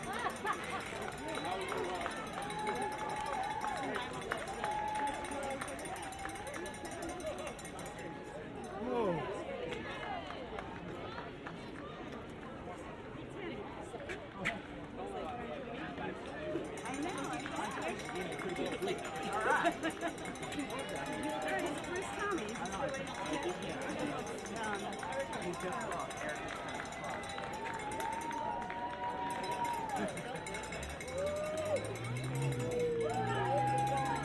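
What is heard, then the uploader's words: A race finish area with many people talking at once, voices overlapping in a dense, steady murmur. Occasional louder calls and brief shouts rise above the chatter, and a low rumbling sound swells in near the end. An eleven minute binaural recording from the finish line of the Sleepy Hallow Halloween 10k.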